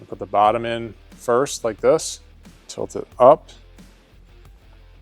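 Someone talks over music while fitting the black trim ring of a HOGWORKZ 7" LED Black HALOMAKER headlight for Indian motorcycles over its rubber seal, putting the bottom in first and beginning to tilt the ring up so its spring clips can go into the headlight bucket. Only faint handling sounds follow under the quiet background, and nothing has seated or clicked yet.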